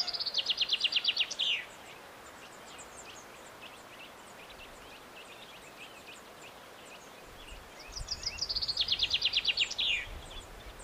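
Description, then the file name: Common chaffinch giving two songs several seconds apart, each a fast, cascading run of high notes finishing with a downslurred flourish. "Fringilla coelebs"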